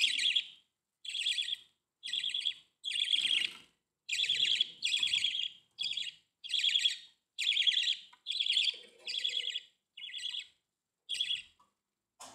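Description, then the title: Budgerigar repeating harsh, buzzy chirps about once a second, each a short rasping burst, with faint low rustling beneath some notes. "Budgie Sounds"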